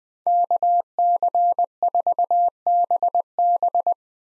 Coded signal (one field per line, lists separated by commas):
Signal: Morse code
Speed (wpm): 20 wpm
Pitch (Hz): 700 Hz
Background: none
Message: KC4BB